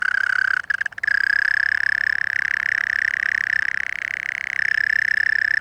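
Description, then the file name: European mole cricket singing a continuous low churr, with a brief stutter near the first second before the steady trill resumes. "Gryllotalpa gryllotalpa"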